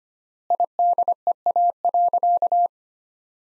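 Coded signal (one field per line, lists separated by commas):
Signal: Morse code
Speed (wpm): 25 wpm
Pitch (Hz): 700 Hz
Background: none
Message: IDEA.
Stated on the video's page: Morse practice sentences from top 300 words at 25 wpm with 3x standard word spacing, a word-level analogue of Farnsworth spacing.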